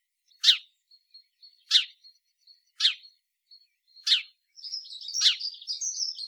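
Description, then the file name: House sparrow calling with five sharp chirps spaced roughly a second apart, then a burst of busy twittering chatter at the end. "Passer domesticus"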